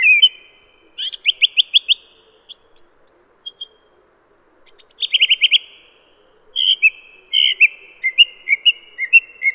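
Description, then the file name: Song thrush song: loud phrases of rapidly repeated notes, separated by brief silent gaps. "suara kicauan burung song thrush. omkicau"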